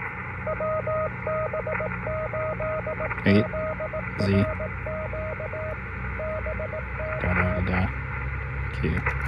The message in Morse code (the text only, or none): WB8ZRQ BK